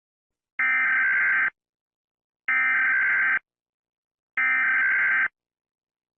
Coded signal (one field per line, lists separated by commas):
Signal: Emergency Alert System (SAME) tones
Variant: header bursts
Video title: EAS Scenario | Hurricane Kimberly |